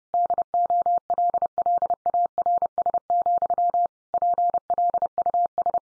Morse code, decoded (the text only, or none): DOLLARS, PLUS